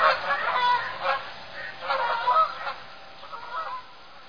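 Canada goose calling with quieter nasal honks, a few bursts early then fading, more subdued than full honking.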